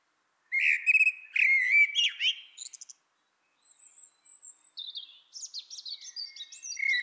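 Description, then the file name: Eurasian blackbird song: a loud whistled phrase with high squeaky ending, a pause, then softer high twittering notes. "Turdus merula"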